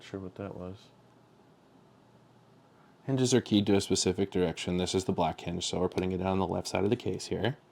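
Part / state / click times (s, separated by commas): plastic hinge into handheld console shell / not seated / none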